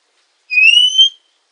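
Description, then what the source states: Oriental magpie-robin giving a single drawn-out whistle lasting about two-thirds of a second, slightly rising in pitch, with silence before and after. Female.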